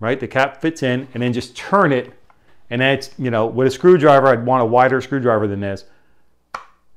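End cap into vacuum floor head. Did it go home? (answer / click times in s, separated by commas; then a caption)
yes / 6.5 s. Someone talks while fitting the brush bar end cap into a Dyson V8 Motorhead vacuum floor head and turning it with a screwdriver. After a pause, a single sharp click at 6.5 s marks the end cap seating into place.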